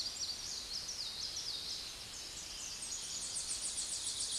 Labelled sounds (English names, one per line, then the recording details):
Common Yellowthroat song
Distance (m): 40 m
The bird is about level with the microphone
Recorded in a Pennsylvania forest on 16 May 2024 at 06:15
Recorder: AudioMoth, point MSD-0521
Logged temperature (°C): 15.8 °C
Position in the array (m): 62 m, 49 m